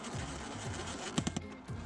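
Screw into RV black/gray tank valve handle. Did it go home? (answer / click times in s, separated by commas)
yes / 1.2 s, 1.3 s, 1.4 s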